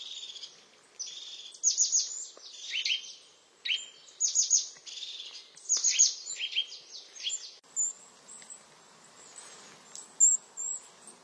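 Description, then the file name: European crested tit singing repeated buzzy, purring trills with sharp high notes, phrases recurring every couple of seconds, then softer thin calls over faint background hiss. "Canto do chapim de crista"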